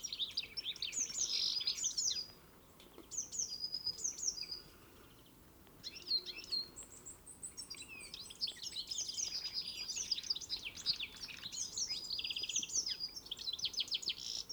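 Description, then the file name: European greenfinch twittering in rapid high trills and chirps, in bursts separated by short pauses. "Chloris chloris"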